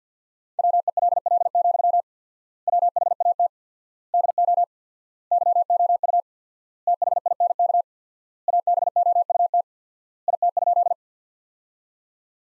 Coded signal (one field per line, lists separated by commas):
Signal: Morse code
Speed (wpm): 50 wpm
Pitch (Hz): 700 Hz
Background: none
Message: WELL, WHAT DO YOU THINK ABOUT IT?